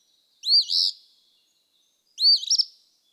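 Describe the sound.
Eastern phoebe song: two phrases, first a smooth buzzy fee-bee, second with a stuttering, broken ending.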